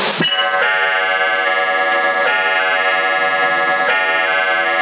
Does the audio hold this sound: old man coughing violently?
no